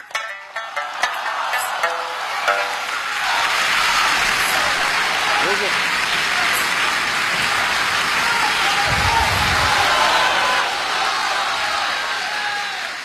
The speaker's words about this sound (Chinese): 您从这叫好声、热烈的掌声，您就能听得出来老艺术家是多么受观众听众的热爱啊。